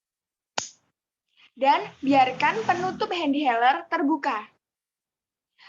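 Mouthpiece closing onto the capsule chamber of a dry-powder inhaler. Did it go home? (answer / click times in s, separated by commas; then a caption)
yes / 0.6 s. The plastic mouthpiece of a capsule dry-powder inhaler is pressed closed back over its capsule chamber and snaps shut with a sharp click at 0.6 s, showing it has seated. Someone then talks.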